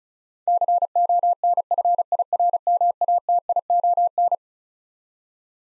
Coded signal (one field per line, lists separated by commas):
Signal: Morse code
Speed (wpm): 36 wpm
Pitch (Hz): 700 Hz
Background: none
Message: CONFIRMATION